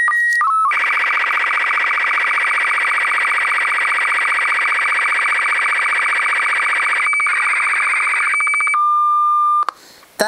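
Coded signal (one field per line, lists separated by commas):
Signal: SSTV (slow-scan television)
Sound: short steady header tones, then a warbling screech with rapid regular ticks, ending on a held tone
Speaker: is you pc / SS TV that's what terrace sounds like when she's speaking Japanese on my video game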